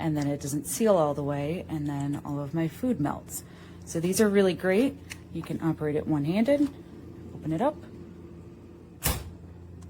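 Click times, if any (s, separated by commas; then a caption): 9.1 s. Someone talks while operating a Lwuzkdo dual mode child-proof refrigerator lock, a plastic latch with an adhesive mount on a freezer door, which is opened and closed one-handed. A sharp click at 9.1 s confirms the latch is seated and the freezer door is tightly and securely locked, so it won't pop open and let the food melt when the refrigerator door below is slammed shut.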